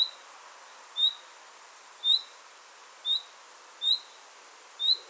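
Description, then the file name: Common nightingale giving clear rising whistles about once a second over a low even hiss. "Luscinia megarhynchos"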